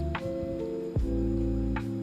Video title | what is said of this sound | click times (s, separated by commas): SETTINGAN DJI OSMO ACTION 5 PRO ‼️ KEANAPA BELI DJI OSMO DI 2025🔥🔥 - RIVIEW DJI OSMO | "klik", menggunakan magnet untuk berbunyi "klik". | 0.1 s